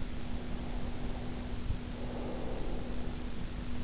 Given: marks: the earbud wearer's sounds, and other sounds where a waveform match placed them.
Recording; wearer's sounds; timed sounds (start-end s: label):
sounds in sleep by an in-ear microphone; breath
0.13-3.48 s: breath